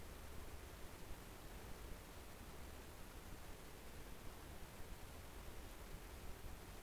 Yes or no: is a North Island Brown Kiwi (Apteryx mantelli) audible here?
no